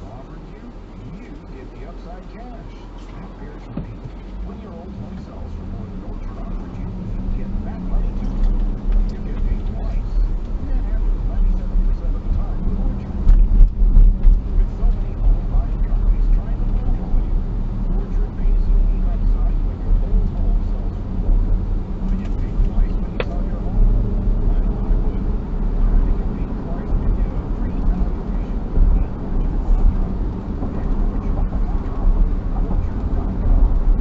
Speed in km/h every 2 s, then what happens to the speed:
0, 0, 5, 16, 26, 29, 33, 39, 42, 45, 49, 56, 64, 70, 72, 74, 76.
0-3 standing. 3-27 pulls away to 72. 27-34 steady at about 74.